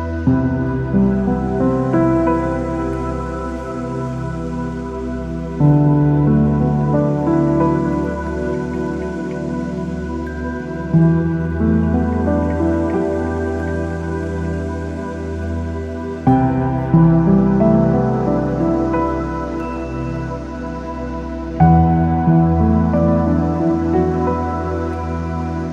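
Calm piano music with soft, sustained chords in a warm low-to-middle range, each chord ringing out and shifting roughly every five seconds. A faint, steady patter of rain hisses quietly behind the music throughout.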